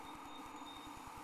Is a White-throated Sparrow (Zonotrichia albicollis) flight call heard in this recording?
no